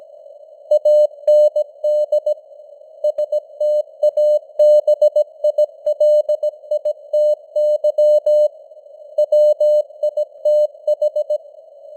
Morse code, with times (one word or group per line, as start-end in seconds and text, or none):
0.7-2.3 AND
3.0-8.5 STABILITY
9.2-11.4 WITH